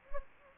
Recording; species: mosquito wingbeat signal from an infrared sensor; Anopheles gambiae